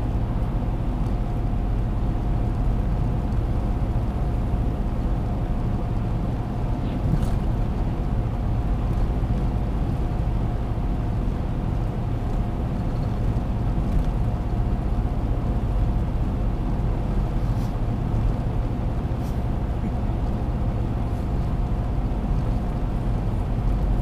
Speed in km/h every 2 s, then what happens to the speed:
113, 113, 114, 113, 113, 112, 113, 112, 112, 112, 113, 112.
0-24 steady at about 113.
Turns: none.